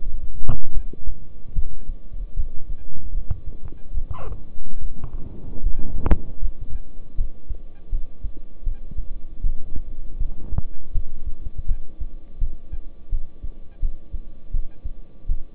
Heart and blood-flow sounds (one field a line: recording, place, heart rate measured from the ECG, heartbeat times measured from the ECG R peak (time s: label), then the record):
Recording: heart sounds by stethoscope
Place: between the tricuspid and mitral areas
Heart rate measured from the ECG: 78 bpm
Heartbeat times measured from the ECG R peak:
0.72 s: heartbeat
1.53 s: heartbeat
2.34 s: heartbeat
3.12 s: heartbeat
3.92 s: heartbeat
4.79 s: heartbeat
5.61 s: heartbeat
6.40 s: heartbeat
7.16 s: heartbeat
7.90 s: heartbeat
8.64 s: heartbeat
9.42 s: heartbeat
10.18 s: heartbeat
10.93 s: heartbeat
11.67 s: heartbeat
12.39 s: heartbeat
13.10 s: heartbeat
13.80 s: heartbeat
14.52 s: heartbeat
15.27 s: heartbeat
From the record:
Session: rest, lying down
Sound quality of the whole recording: good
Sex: male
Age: 26 years